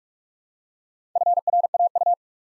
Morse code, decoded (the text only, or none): FRAU